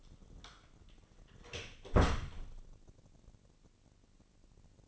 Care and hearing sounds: daily activity, microphone in the room; close door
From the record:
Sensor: 4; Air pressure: 1013.2 hPa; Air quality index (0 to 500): 179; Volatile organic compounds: 2 ppm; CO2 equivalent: 1127 ppm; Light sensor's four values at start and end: 97/242/100/105 and 73/177/75/75

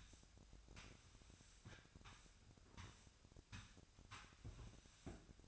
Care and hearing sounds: daily activity, microphone in the room; sweep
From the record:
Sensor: 2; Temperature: 25.5 degrees Celsius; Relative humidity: 38.8%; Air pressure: 1006.8 hPa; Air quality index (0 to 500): 198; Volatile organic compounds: 13 ppm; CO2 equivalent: 2426 ppm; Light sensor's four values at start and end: 9/21/9/9 and 9/21/9/9

